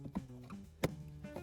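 A replacement plastic tweeter trim panel is lined up with the two existing holes in the dash corner of a Toyota Landcruiser 70 Series, slid in at the back, then pushed down at the front. Faint plastic taps and handling sounds sit over a steady low hum, and a sharp, loud click at 0.8 s marks the panel snapping into place. The panel is seated.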